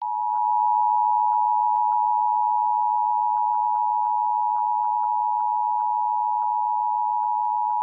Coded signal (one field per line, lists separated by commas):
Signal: Emergency Alert System (SAME) tones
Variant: 853 and 960 Hz attention tone